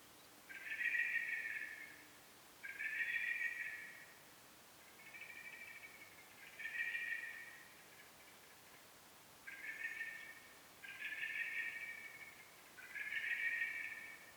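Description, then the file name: Common blackbird calls, drawn-out harsh nasal notes about one to one and a half seconds long, given seven times with short pauses. "Turdus merula"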